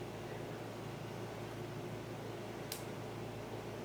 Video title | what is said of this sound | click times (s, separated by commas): The Holiday Buggy Final build and test drive #rcelf | hear the click | 2.7 s